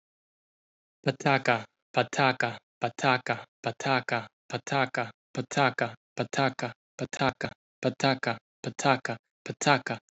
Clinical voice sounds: repeated syllables /pa ta ka/; male; 30 to 39 years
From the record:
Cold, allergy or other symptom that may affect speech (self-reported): no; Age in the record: 30 years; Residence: Florida, United States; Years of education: 16

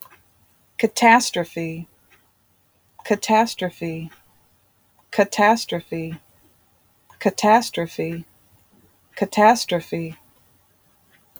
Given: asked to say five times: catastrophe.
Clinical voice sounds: repeated word; female; 40 to 49 years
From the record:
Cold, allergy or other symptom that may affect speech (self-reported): no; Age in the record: 46 years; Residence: North Carolina, United States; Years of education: 16

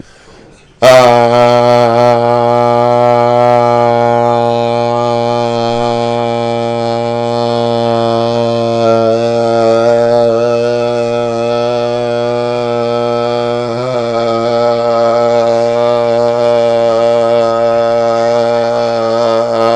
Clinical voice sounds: vowel held as long as possible; male; 30 to 39 years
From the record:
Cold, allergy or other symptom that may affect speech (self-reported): no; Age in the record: 32 years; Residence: Virginia, United States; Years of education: 12

